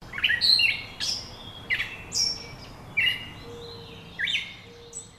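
Gray Catbird song, a jumbled string of varied squeaky, slurred phrases in separate bursts, over steady low background noise.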